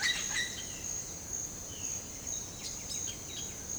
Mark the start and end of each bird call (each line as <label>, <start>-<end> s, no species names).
bird call, 0.00-0.82 s
bird call, 1.55-3.69 s